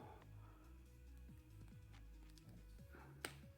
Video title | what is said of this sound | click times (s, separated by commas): Panerai Luminor Submersible Pam 00025 simple review in 2021 | clicks into place like that | 3.2 s